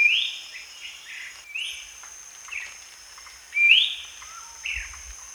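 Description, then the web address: Ferruginous babbler calling with a series of rising whistles and shorter falling notes, irregularly spaced, over steady high insect noise. Recorded at Danum on 1 January 2008. "DANUM 20080101. ferruginous babbler"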